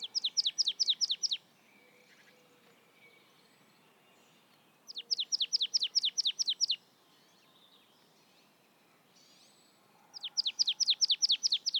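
Marsh tit repeating a fast rattling series of high, downward-slurred notes in three bursts, roughly every five seconds.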